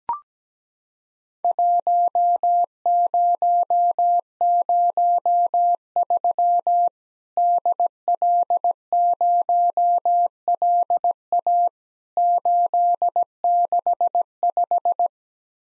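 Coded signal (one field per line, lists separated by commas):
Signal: Morse code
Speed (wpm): 17 wpm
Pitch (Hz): 700 Hz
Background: none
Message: 1003 DL0LA 865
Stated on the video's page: Morse practice of Worked All Europe DX Contest QTC exchanges at 17 wpm, each sent in Morse, then spoken, then sent again.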